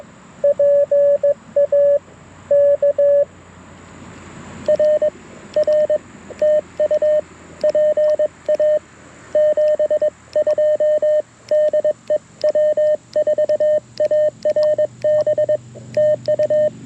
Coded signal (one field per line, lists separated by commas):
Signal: Morse code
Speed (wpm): 21 wpm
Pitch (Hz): 590 Hz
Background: radio noise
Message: PA K R R TU PA 72 DE W4ARB TU